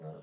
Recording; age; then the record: pig call; piglet (1 to 25 days)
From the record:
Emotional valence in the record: negative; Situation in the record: long isolation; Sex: female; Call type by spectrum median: low-frequency call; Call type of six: low-frequency stable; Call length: 0.22 s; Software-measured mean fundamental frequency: 76 Hz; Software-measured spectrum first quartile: 159 Hz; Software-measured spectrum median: 337 Hz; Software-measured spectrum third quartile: 554 Hz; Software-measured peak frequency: 450 Hz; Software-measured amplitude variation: 86 dB a second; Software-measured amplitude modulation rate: 15.6 a second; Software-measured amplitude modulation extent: 5.5 dB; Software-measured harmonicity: 0.0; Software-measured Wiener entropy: 0.11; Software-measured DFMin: 1075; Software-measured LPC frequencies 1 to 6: 555, 1307, 3074, 3863, 5671, 6359 Hz